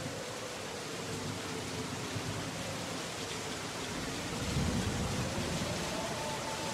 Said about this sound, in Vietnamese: Sấm chớp ầm ĩ trên trời cao, mưa to sắp đến.